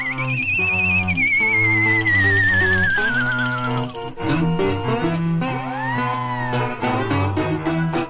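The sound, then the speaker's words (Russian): A witch's flying mortar swoops in: a long whistling tone glides steadily downward over loud orchestral music, followed by shorter swooping rises and falls as the music continues. “Слышен звук подлетающей ступы.”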